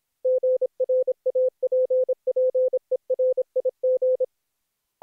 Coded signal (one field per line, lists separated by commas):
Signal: Morse code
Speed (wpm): 26 wpm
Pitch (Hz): 510 Hz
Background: none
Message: GRAPPERIG